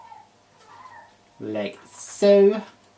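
A rechargeable battery is handled at the battery compartment of a Sony A6400 mirrorless camera, about to be slid in following the arrow, with faint handling sounds while someone talks. The battery has not seated or clicked into place yet.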